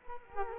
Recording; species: mosquito wingbeat signal from an infrared sensor; Culex quinquefasciatus